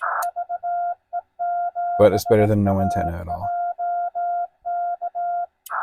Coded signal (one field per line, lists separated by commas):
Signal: Morse code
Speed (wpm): 18 wpm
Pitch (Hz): 700 Hz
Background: speech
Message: VE7AJK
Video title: Parks on the Air CW Newbie Activation: West Shawnigan Provincial Park CA-4281